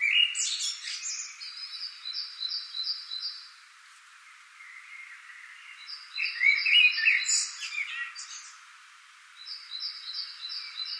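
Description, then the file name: Common blackbird warbles and squeaky twitters in two bursts, separated by quiet, while another bird keeps up high rhythmic repeated notes. "Turdus merula"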